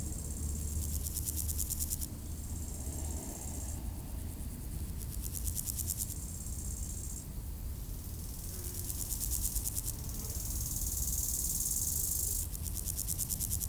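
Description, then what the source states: Grasshoppers stridulate in several high, rapidly ticking buzzy phrases separated by brief pauses, over a persistent low traffic drone. Beside road D633 at Aveize, France, with passing cars; recorded with a Sony PCM-M10 in AB microphone position.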